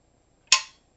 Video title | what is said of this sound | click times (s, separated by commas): G3 disassembly/reassembly | push it on there like so it should snap into place | 0.5 s